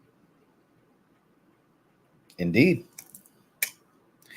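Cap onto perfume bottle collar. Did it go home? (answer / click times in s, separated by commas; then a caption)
no / none. Someone talks around 2.4–2.8 s as a cap is pressed onto a Khadlaj fragrance bottle whose collar is meant to click. Light contact taps from the cap against the bottle land at about 3.0, 3.1, 3.2 and 3.3 s, with a sharper hit at 3.6 s. The cap holds in place, but it has not clicked onto the collar.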